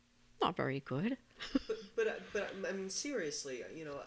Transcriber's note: she laughs